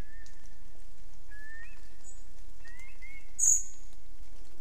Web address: SETE data Turdus merula